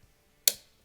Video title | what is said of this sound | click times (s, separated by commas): The Best Glock™ Clone For Builders | and then it'll lock into place once you get far enough. | 0.5 s